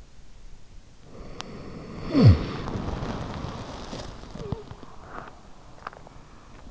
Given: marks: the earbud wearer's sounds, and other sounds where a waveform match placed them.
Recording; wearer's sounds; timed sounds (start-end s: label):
sounds in sleep by an in-ear microphone; snoring breath, body movement
0.61-3.31 s: snoring breath
3.69-6.39 s: body movement